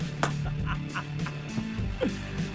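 A short, high, squeaky sneeze burst over a low studio hum, with a brief squeak shortly after.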